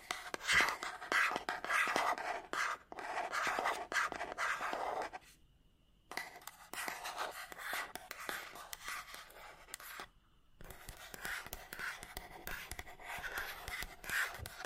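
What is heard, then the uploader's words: Dense, scratchy tapping and rubbing on matte objects, busy and bright, with two brief silent pauses near six and ten seconds. Scratchy Tapping on 4 Matte Objects Plastic, Glass, Cardboard, Metal (NO TALKING).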